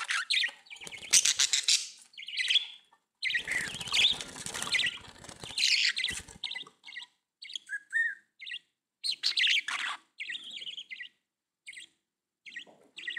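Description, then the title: Budgerigar chatter, a dense jumble of scratchy notes and short whistles, with some rustling or flapping sounds mixed in. "Budgie Sounds"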